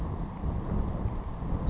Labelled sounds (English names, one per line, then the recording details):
Savannah Sparrow
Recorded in Sonoma County, California